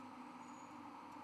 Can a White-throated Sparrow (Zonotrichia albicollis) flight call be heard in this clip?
no